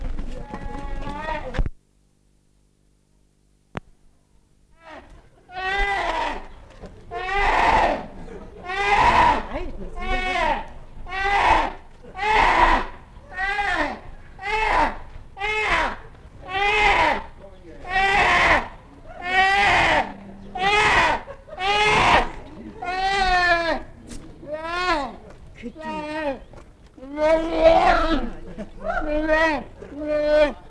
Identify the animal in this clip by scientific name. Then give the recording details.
Ursus arctos. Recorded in captivity. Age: juvenile. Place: Zoo Berlin, Berlin, DE. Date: 1959-06-06 15:30. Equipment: Reporter (Vollspur). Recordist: Tembrock, Günter